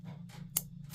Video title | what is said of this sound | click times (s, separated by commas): We ALL Knew This Was Coming... | This is much more of like your typical button lock experience. This is like a click, right? | 0.6 s